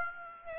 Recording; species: mosquito wingbeat signal from an infrared sensor; Aedes aegypti